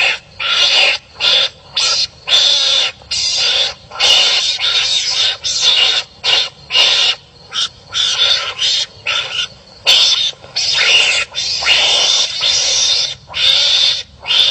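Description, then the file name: Mongoose giving rapid, irregular raspy bursts, some clipped and some drawn out, with short silences between them. "tieng cay mangut keu"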